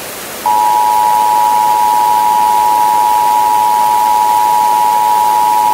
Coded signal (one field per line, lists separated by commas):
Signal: Emergency Alert System (SAME) tones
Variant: 853 and 960 Hz attention tone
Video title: EAS Scenario #11 The Hail Storm